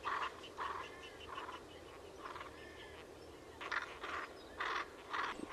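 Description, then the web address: Bird calling: a series of short, harsh notes at uneven intervals over a steady background hiss. "cianscape. Deverinetal 2025. Bird Only"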